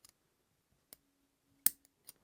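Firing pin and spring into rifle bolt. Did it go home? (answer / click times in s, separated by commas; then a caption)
yes / 1.7 s. A spring and firing pin assembly is forced into a steel Kar98k rifle bolt during reassembly, using a firing pin as a tool. Faint metallic ticks at about 0.0 s and 0.9 s and a low steady hum lead into a sharp, loud metallic click at 1.7 s as the assembly seats in place. A softer tick follows at 2.1 s.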